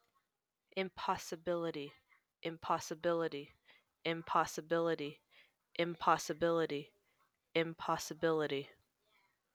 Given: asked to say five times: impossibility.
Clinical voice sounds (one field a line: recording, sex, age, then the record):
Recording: repeated word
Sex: female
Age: 20 to 29 years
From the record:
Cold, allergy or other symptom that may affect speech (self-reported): no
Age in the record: 24 years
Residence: New York, United States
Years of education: 12